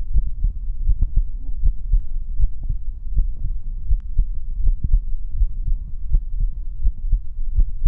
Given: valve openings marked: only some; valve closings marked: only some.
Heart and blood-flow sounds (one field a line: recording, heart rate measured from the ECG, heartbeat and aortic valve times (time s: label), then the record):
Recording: heart sounds by stethoscope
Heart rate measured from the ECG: 81 bpm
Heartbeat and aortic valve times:
0.15 s: heartbeat (ECG mark)
0.21 s: aortic valve opens (echo mark)
0.44 s: aortic valve closes (echo mark)
0.87 s: heartbeat (ECG mark)
1.64 s: heartbeat (ECG mark)
2.40 s: heartbeat (ECG mark)
2.46 s: aortic valve opens (echo mark)
2.70 s: aortic valve closes (echo mark)
3.15 s: heartbeat (ECG mark)
3.22 s: aortic valve opens (echo mark)
3.44 s: aortic valve closes (echo mark)
3.89 s: heartbeat (ECG mark)
4.64 s: heartbeat (ECG mark)
5.38 s: heartbeat (ECG mark)
6.11 s: heartbeat (ECG mark)
6.83 s: heartbeat (ECG mark)
7.56 s: heartbeat (ECG mark)
From the record:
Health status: healthy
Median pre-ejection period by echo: 61 ms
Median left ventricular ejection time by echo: 231 ms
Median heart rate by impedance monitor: 81 bpm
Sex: male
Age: 20 years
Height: 181 cm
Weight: 74 kg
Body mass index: 22.59